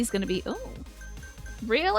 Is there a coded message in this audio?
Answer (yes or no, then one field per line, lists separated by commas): no